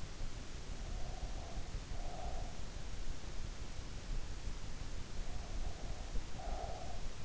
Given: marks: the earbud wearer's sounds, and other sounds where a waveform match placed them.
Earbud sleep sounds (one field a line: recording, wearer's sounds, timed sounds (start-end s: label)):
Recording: sounds in sleep by an in-ear microphone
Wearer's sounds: breath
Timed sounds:
0.70-2.71 s: breath
5.03-7.17 s: breath